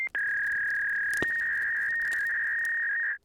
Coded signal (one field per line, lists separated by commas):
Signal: fax machine handshake